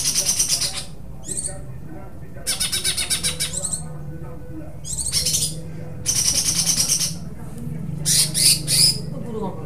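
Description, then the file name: Greater green leafbird giving repeated harsh rattling bursts of about a second each, separated by brief gaps, with a few short chirps between. Cucak hijau song with tembakan phrases and parakeet-style besetan phrases, from an Indonesian bird-training recording (omkicau). "cucak hijau dengan tembakan dan besetan parkit"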